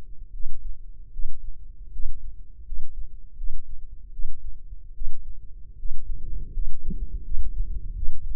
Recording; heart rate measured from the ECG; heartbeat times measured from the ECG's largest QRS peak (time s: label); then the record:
heart sounds by microphone in the left ear; 79 bpm
0.31 s: heartbeat
1.10 s: heartbeat
1.90 s: heartbeat
2.63 s: heartbeat
3.35 s: heartbeat
4.10 s: heartbeat
4.92 s: heartbeat
5.76 s: heartbeat
6.51 s: heartbeat
7.22 s: heartbeat
7.93 s: heartbeat
From the record:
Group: healthy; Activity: rest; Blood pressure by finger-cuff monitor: 157/92 mmHg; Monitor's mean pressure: 117 mmHg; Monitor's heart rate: 77 bpm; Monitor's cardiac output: 6.6 L/min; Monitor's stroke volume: 87 mL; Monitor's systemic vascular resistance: 1290 dyn s/cm5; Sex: male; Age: 21 years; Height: 180 cm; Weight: 67.5 kg